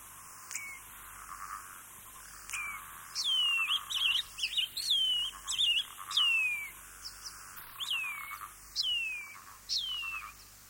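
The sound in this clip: Shining bronze cuckoo calling with a series of thin whistles, each sliding steeply downward, given in quick irregular runs over a faint steady background hum.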